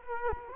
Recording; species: mosquito wingbeat signal from an infrared sensor; Culex quinquefasciatus